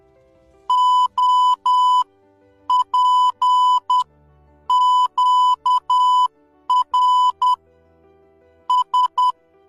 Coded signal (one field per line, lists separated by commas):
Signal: Morse code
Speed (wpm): 10 wpm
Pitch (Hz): 1000 Hz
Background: music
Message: O P Q R S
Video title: Learn Morse code in one minute